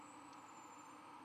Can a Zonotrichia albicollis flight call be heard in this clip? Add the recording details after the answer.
no. No flight call is heard. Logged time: 22:00 on 11 November 2014